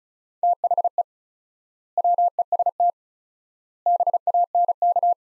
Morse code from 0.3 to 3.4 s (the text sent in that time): THE WEST